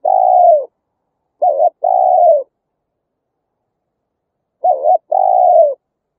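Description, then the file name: Spotted dove produces long, slightly falling hoots, most preceded by a short wavering note, with pairs separated by long silent gaps. "tieng cu gay"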